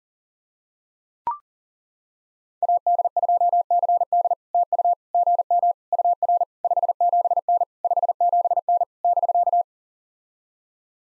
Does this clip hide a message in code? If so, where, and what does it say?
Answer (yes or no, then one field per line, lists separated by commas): yes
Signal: Morse code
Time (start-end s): 2.6-9.6 s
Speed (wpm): 40 wpm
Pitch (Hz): 700 Hz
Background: none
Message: AD2CD TU GM UR 57N 57N <BK>